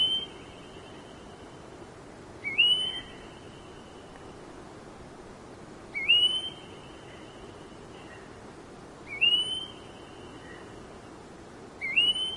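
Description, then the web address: Red-browed goldfinch calls: thin, high whistled notes that rise sharply then hold steady, repeated about every three seconds over a soft, even background hiss. "red browed goldfinch bird call"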